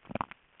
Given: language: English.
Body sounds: throat vibration sensor signal played as sound; swallow

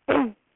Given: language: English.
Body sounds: throat vibration sensor signal played as sound; throat clearing

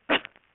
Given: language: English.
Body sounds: throat vibration sensor signal played as sound; cough

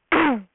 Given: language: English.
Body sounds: throat vibration sensor signal played as sound; throat clearing

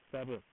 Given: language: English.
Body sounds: throat vibration sensor signal played as sound; speech

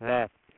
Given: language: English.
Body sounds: throat vibration sensor signal played as sound; speech

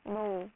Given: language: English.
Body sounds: throat vibration sensor signal played as sound; speech

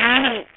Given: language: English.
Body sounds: throat vibration sensor signal played as sound; throat clearing

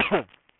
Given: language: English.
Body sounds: throat vibration sensor signal played as sound; cough

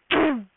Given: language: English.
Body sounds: throat vibration sensor signal played as sound; throat clearing

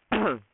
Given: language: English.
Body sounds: throat vibration sensor signal played as sound; cough

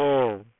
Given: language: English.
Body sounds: throat vibration sensor signal played as sound; speech

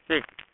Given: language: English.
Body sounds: throat vibration sensor signal played as sound; speech

